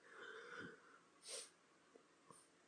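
A harsh, raspy cough followed by a sharp breathy exhalation from an adult man with influenza, a 38°C fever and a sore throat, coughing and choking after smoking a cigarette.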